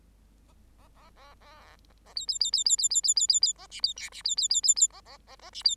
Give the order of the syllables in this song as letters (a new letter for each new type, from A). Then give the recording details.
A A A A A A B B B B B B B B B B B A C B D C B B B B B A A A A C B. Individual Bird8